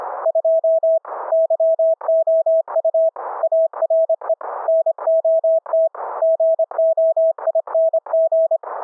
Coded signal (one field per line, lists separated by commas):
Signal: Morse code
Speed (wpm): 25 wpm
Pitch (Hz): 650 Hz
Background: none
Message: 2 YOU ARE NOT GOING